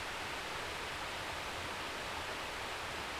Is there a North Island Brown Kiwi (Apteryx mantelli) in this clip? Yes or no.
no